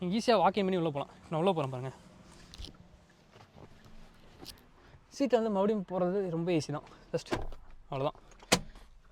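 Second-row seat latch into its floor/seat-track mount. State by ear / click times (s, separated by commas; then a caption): seated / 8.5 s. On a 2025 Hyundai Palisade SUV, the one-button tumble second-row seat is pushed back to its upright position while someone talks, with a few faint knocks along the way. At 8.5 s the seat's metal latch engages its floor/seat-track mount with a loud clunk, locking the seat into place.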